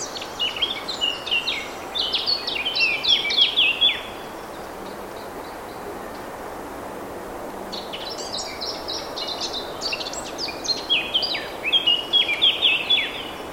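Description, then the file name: Eurasian blackcap giving two rich warbling phrases of quick, fluty and scratchy notes separated by a quieter gap of several seconds, with constant background noise. "Sylvia atricapilla"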